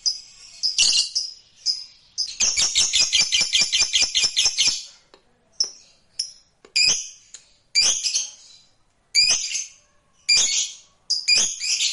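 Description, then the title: Lovebird giving sharp, high chirps: a quick rattling run early on, then short separate bursts of squeaky notes with brief silences between them. "Suara Lovebird"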